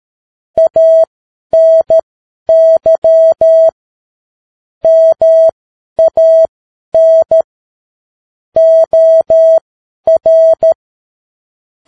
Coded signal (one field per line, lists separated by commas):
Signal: Morse code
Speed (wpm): 13 wpm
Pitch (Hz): 650 Hz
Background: none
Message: ANY MAN OR